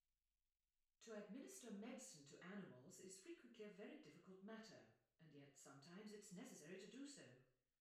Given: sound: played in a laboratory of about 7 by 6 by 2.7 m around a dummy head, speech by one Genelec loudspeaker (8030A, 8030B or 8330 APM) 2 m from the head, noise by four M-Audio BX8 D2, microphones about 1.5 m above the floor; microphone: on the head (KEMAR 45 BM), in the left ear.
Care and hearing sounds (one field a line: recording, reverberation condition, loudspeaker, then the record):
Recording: female speech in English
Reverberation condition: medium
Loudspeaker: 60 degrees to the right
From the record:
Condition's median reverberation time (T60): about 510 ms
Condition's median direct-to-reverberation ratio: about -0.5 dB